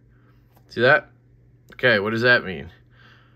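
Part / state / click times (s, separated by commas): body screw into knife handle / not seated / none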